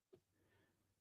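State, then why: Not seated. Two plastic parts of a micro toy starfighter are handled as they are clipped together, with a short soft tap near 0.1 s followed by quiet, low rustling. Nothing has seated or clicked yet; the parts are not home.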